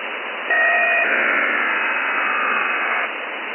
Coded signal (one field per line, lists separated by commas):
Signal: HF data modem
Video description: Recorded this at 1016Z 28 Aug 2013. 8942 is usually an active HFDL frequency for Shannon and I doubt if this is Shannon here in New Zealand! Any ideas?